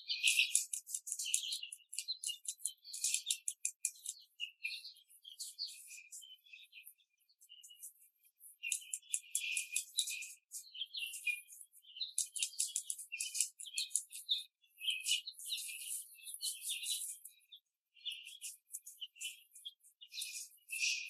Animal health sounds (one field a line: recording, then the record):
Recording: young laying hens in a cage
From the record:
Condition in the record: after the stressor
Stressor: simulated dog barking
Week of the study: 3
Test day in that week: 1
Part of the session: 1